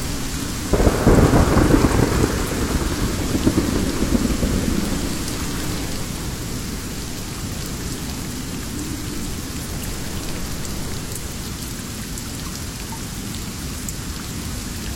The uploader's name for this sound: Thunder and rain in the wild jungle, wolf howling from time to time